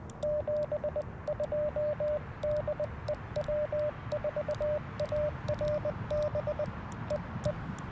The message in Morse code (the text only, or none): 72 DE W4ARB EE